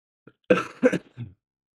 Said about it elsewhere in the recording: Put up with the sound of my occasional coughing, I'm doing a lot better than what I was. Any of the delightful colours that I've been coughing up over the past couple of weeks.